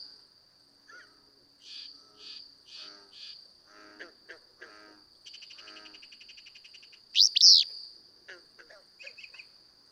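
Willow flycatcher: one loud, sneezy burst amid softer notes and a rapid trill, with a steady high whine throughout.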